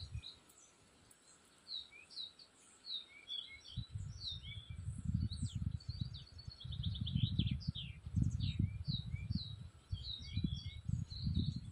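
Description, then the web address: Birds calling, many short high chirps and a quick trilled series midway, over steady low rumbling noise that grows after four seconds. Forest, spring. "pajaros sonidos del bosque en primavera"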